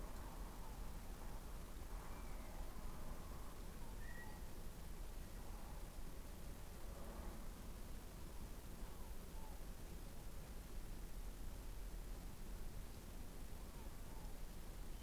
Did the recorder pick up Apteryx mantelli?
no